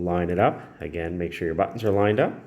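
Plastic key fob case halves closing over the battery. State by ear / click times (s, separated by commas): not seated / none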